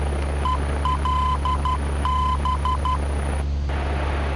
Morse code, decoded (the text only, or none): ELB